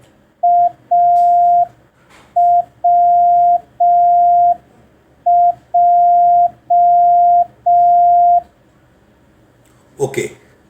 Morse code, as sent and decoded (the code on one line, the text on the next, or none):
.- .-- .---
AWJ